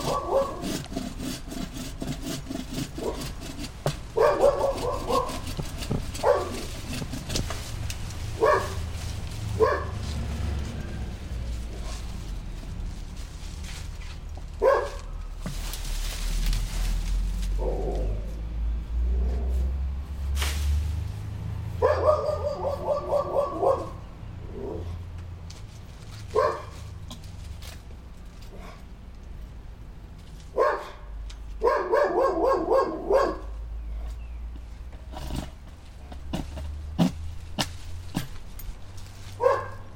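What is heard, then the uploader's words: Two small apple trees are being cut down in a backyard: sharp knocks and snaps come irregularly throughout, over a low rumble that swells around the middle. A dog barks in short clustered bursts, at about 4, 22 and 32 seconds. I recorded cutting down two small apple trees in our backyard. I changed the mic set-up about half way through the recording.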